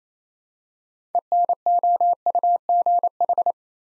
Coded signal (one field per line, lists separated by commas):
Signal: Morse code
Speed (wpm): 27 wpm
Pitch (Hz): 700 Hz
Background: none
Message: ENOUGH